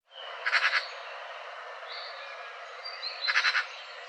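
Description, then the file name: Eurasian magpie chattering in two short harsh rattles of four or five quick notes, separated by a few seconds of hiss and faint high whistled notes. "Pica pica"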